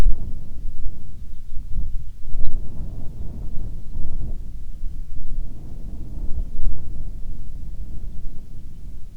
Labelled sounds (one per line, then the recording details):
bird
wind
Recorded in the Prudhoe Bay oil fields, Alaska, on 10 July 2019 at 14:33
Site 14